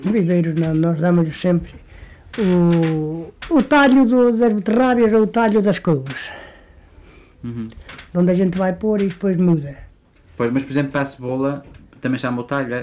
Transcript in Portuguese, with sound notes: Viveiros não, nós damos-lhe sempre o o talho dos das beterrabas ou o talho das couves – [pausa]
Rhum-rhum.
donde a gente vai pôr e depois muda.
Pois. Mas, por exemplo, para a cebola, também chamam o talho, é?